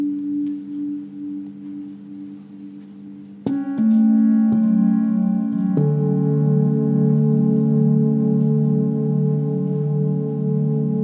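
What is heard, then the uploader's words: Ancient singing bowls hum with a low, steady ringing that slowly wavers. Around the three-and-a-half second mark a bowl is struck, then again near four and a half and six seconds, each strike adding a new sustained tone that pulses gently as it rings on. The sound from the ancient singing bowls.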